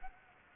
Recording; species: mosquito wingbeat signal from an infrared sensor; Anopheles gambiae